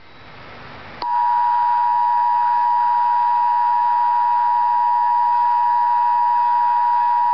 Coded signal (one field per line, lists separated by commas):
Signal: Emergency Alert System (SAME) tones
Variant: 853 and 960 Hz attention tone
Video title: Real EAS Test #1 - Required Monthly Test